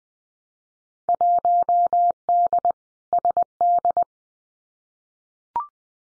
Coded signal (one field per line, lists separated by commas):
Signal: Morse code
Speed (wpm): 19 wpm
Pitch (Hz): 700 Hz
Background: none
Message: 1D SD